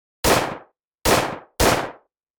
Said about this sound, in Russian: Эхо выстрелов разнеслось по кладбищу и затихло.